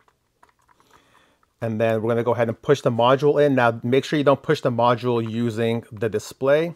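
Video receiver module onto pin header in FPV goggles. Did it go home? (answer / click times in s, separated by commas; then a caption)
no / none. A SpeedyBee 5.8GHz plug-in receiver circuit board is lined up with the pin header inside Skyzone 04O/X Pro FPV goggles, making small, quiet taps and contact noises between about 0.1 and 1.0 seconds. From about 1.6 seconds someone talks. The module has not been pushed in, and nothing has seated or clicked yet.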